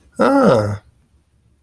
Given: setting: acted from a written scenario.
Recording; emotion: vocal sound without words; amusement